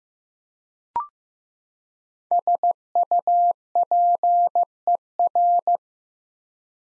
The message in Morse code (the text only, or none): SUPER